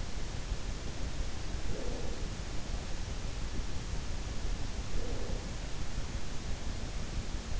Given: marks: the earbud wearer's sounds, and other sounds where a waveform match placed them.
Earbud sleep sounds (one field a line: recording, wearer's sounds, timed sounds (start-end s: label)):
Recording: sounds in sleep by an in-ear microphone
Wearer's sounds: breath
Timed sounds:
1.20-2.24 s: breath
4.73-5.66 s: breath